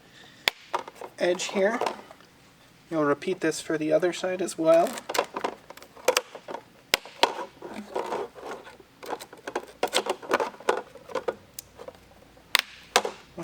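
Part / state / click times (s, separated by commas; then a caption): clip-on mounting nut onto plastic fender edge / seated / 6.9 s, 12.5 s. Clip-on mounting nuts are fitted onto the plastic fender edge of a 2023+ Speed UTV El Jefe for a Rokblokz Fender Extension kit, repeating the job on the other side's fender edge at the five mounting points. Someone talks while handling the parts, with short scraping and tapping sounds between sharp clicks. The clips seat with clicks at 6.9 s and 12.6 s.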